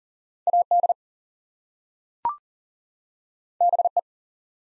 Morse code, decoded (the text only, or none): AD BE